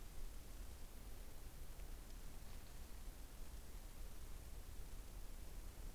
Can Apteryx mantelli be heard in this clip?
no